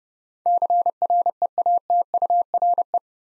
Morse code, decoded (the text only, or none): CREATURE